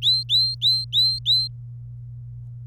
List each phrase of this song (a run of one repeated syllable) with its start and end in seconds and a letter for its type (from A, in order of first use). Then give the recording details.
0.02-1.48 A. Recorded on 26 April 2018 at 17:05. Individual llb3